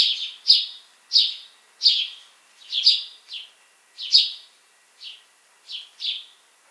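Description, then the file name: House sparrow giving loud, harsh chirps, one roughly every half second to second, some doubled, steady and insistent throughout. "Passer domesticus"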